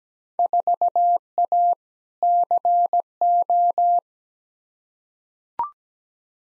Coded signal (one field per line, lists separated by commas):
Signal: Morse code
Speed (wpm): 17 wpm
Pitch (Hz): 700 Hz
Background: none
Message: 4A CO